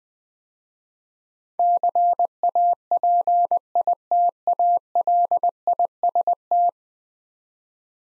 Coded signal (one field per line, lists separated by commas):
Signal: Morse code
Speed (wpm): 20 wpm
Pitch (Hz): 700 Hz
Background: none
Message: CAPITALIST